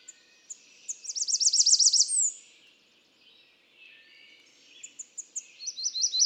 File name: American Redstart